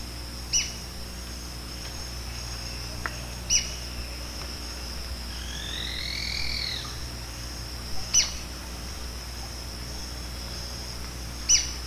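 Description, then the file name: White-crested spadebill giving a single rising-then-falling slurred trill midway, among a few sharp high clicks, over a constant low drone. "canto do patinho de coroa branca"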